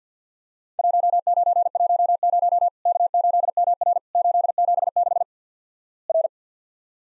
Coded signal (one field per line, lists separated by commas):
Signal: Morse code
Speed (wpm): 50 wpm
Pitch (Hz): 700 Hz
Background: none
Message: 1910 K8MR 876 R